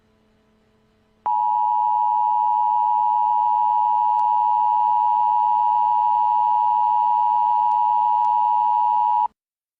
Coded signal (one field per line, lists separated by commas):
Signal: Emergency Alert System (SAME) tones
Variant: 853 and 960 Hz attention tone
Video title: EAS Scenario:The Minions